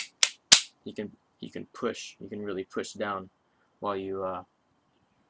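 The metal shaft of a Craftsman convertible T-handle screwdriver is snapped out of the handle and back in. Two sharp snaps ring out at about 0.2 and 0.5 seconds, and the second at 0.5 seconds is the shaft locking home in the T-handle. Someone then talks.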